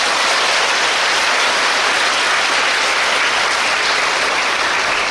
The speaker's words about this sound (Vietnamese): Cho một tràng pháo tay.